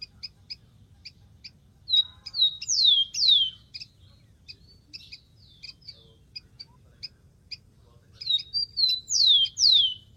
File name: canto do tico tico